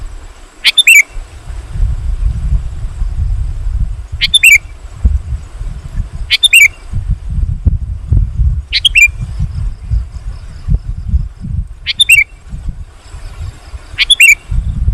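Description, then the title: Sooty-headed bulbul repeating a short fluty phrase six times, every few seconds, against continuous low rumbling noise. "kutilang"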